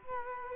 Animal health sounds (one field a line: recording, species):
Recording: mosquito wingbeat signal from an infrared sensor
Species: Culex quinquefasciatus